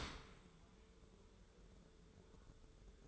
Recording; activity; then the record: daily activity, microphone in the room; open dishwasher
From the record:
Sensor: 3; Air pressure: 1015.0 hPa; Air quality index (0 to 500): 36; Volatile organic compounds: 1 ppm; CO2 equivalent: 567 ppm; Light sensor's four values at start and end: 11/26/11/11 and 11/26/11/11